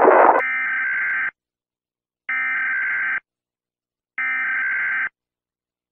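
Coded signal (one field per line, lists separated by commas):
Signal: Emergency Alert System (SAME) tones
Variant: header bursts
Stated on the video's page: Fictional scenario alert using tones with sound effects from online sources, not a real broadcast.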